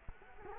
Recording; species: mosquito wingbeat signal from an infrared sensor; Culex quinquefasciatus